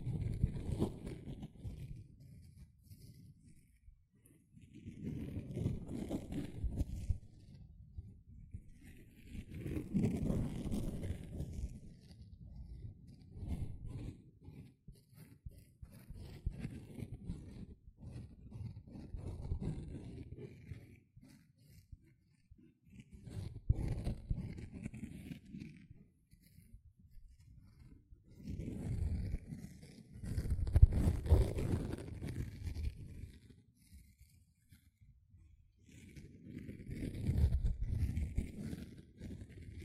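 A sponge being scrubbed and squished in a series of rough, rasping strokes, each lasting a second or two, with brief pauses between. The sound sits mostly low and gritty, with thin scratchy detail above, and swells louder around the middle and near the end.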